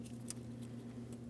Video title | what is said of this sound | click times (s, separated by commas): How to Replace Valve Covers 2007-2014 Ford Edge 3.5L | We'll press the two together and listen for an audible click. | 0.3 s